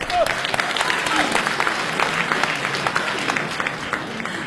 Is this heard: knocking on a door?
no